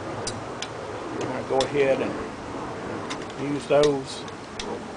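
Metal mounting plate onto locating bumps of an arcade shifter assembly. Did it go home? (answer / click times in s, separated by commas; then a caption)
yes / 4.6 s. A steel mounting plate is lined up on an arcade shifter assembly so its four alignment holes drop over four small locating bumps while someone talks. A sharp tick at 4.6 seconds marks the plate snapping onto the bumps, seated in place.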